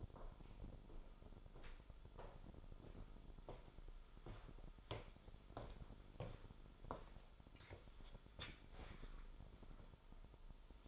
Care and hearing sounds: daily activity, microphone in the room; walk to room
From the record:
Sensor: 5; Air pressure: 988.2 hPa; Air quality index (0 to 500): 166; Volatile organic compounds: 29 ppm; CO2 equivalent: 2928 ppm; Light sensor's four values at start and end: 49/148/58/62 and 50/139/56/62

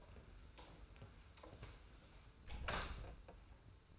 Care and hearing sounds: daily activity, microphone in the room; close door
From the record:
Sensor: 2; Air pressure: 991.4 hPa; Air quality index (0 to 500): 154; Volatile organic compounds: 551 ppm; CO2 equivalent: 4883 ppm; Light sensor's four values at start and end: 34/100/39/37 and 34/100/39/37

